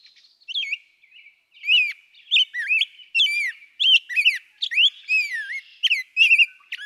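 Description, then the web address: Rose-breasted Grosbeak song: rich whistled phrases, each slurring up or down, delivered rapidly in a steady flowing stream. "birdsongforthecurious songs Rose-breasted Grosbeak"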